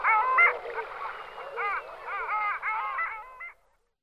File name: hoholka-lesní